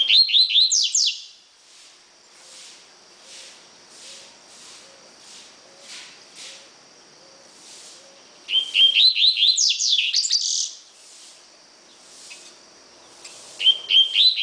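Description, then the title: Double-collared seedeater singing three bursts of fast whistled and buzzy sweeping notes, with soft repeated faint chips and a constant high hiss between the phrases. "Canto Coleiro"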